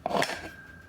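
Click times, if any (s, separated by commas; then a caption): 0.1 s. A reflector is released from the accessory mount of a GVM 80W LED light by pulling down the release peg. It pops back out with a sharp click at 0.1 s, followed by a brighter metallic clack at 0.2 s and a faint ringing tone that fades out. The reflector comes free of the mount.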